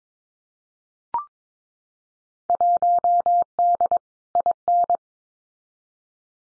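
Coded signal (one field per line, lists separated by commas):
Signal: Morse code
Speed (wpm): 22 wpm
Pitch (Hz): 700 Hz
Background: none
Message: 1D IN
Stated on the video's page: Field Day exchange copying drill at 22 wpm; each exchange is sent in Morse, spoken, then sent again.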